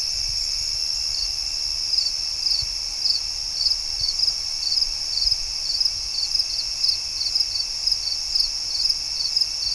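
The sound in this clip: Crickets chirping in a continuous high ringing chorus, with short chirps pulsing irregularly over a steady hiss.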